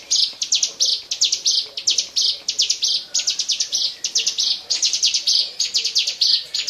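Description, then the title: Bar-winged prinia song, shrill rapid notes run together into buzzy phrases repeated in quick succession. "Suara Burung Ciblek"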